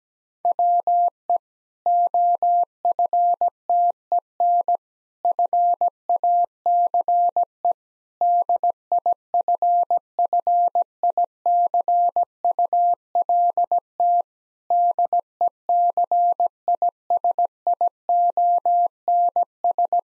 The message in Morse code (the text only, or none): WE OFTEN FACE DIFFICULT DECISIONS